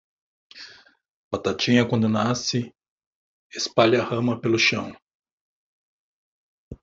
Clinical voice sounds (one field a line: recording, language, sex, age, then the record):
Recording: short text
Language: Brazilian Portuguese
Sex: male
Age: 50 to 59 years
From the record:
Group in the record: control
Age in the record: 56 years